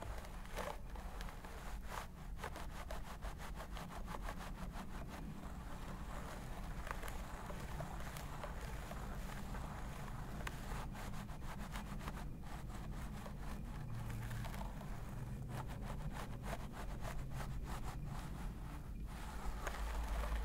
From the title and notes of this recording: ASMR Stress Relieving Scalp Massage ASMR.